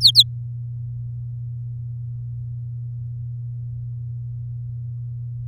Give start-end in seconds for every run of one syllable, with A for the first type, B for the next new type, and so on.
0.01-0.23 A